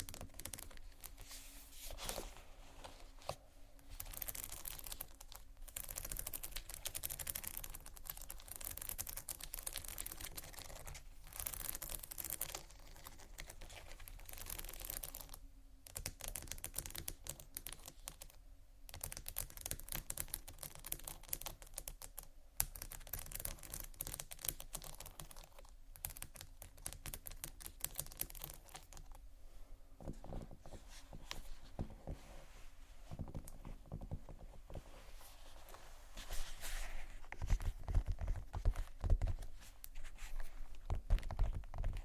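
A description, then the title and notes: Textured bags are tapped and scratched in a dense, irregular stream of small clicks and rustles, like rapid typing. Bright scraping bursts come and go through the first half. Near the end, louder thumps and low knocks join the scratching. ASMR TEXTURED BAGS TAP & SCRATCH (No Talking).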